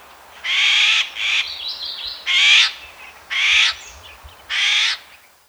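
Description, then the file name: Eurasian jay calling with five hoarse, grating screeches at roughly one per second, with softer scratchy notes in between. "Garrulus glandarius"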